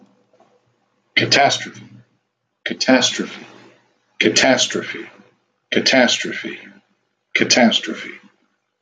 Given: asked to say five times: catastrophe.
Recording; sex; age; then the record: repeated word; male; 40 to 49 years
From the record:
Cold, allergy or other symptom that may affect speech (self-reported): no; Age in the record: 40 years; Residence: Ohio, United States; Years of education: 12